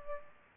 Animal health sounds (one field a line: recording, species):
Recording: mosquito wingbeat signal from an infrared sensor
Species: Aedes albopictus